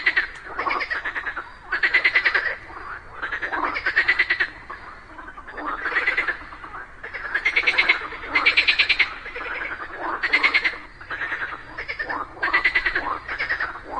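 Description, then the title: Frog chorus: many frogs giving croaking, rattling calls in repeated loud pulsed bursts over a steady background din. Group of frogs calling together just after rain during the day. "Just after it rained during the day, a group of frogs happily cooperated perfectly, creating a symphony of nature."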